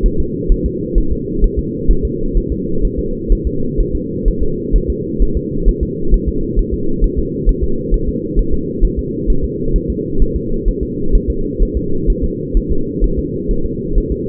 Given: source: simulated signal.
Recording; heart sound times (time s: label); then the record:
fetal heart sounds
0.06 s: S1
0.20 s: S2
0.52 s: S1
0.66 s: S2
0.98 s: S1
1.12 s: S2
1.44 s: S1
1.59 s: S2
1.91 s: S1
2.05 s: S2
2.38 s: S1
2.52 s: S2
2.85 s: S1
2.99 s: S2
3.32 s: S1
3.47 s: S2
3.81 s: S1
3.95 s: S2
4.28 s: S1
4.43 s: S2
4.76 s: S1
4.90 s: S2
5.23 s: S1
5.37 s: S2
5.69 s: S1
5.83 s: S2
6.14 s: S1
6.29 s: S2
6.59 s: S1
6.74 s: S2
7.04 s: S1
7.19 s: S2
7.49 s: S1
7.63 s: S2
7.94 s: S1
8.08 s: S2
8.39 s: S1
8.54 s: S2
8.85 s: S1
8.99 s: S2
9.30 s: S1
9.44 s: S2
9.76 s: S1
9.90 s: S2
10.22 s: S1
10.36 s: S2
10.69 s: S1
10.83 s: S2
11.15 s: S1
11.30 s: S2
11.63 s: S1
11.77 s: S2
12.10 s: S1
12.24 s: S2
12.57 s: S1
12.72 s: S2
13.04 s: S1
13.19 s: S2
13.51 s: S1
13.66 s: S2
13.98 s: S1
14.12 s: S2
From the record:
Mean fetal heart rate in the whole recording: 130 bpm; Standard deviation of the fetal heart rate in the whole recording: 2 bpm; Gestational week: 38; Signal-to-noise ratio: -8.1 dB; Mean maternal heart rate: 72 bpm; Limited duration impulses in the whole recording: absent